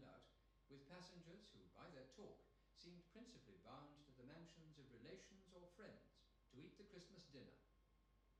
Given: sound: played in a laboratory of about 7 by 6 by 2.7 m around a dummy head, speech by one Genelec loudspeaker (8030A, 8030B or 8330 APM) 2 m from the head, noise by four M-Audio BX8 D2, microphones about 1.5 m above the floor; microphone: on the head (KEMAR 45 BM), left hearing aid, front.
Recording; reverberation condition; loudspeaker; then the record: male speech in English; medium; 30 degrees to the right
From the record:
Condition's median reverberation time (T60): about 510 ms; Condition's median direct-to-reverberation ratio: about -0.5 dB